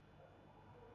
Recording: background sound without coughing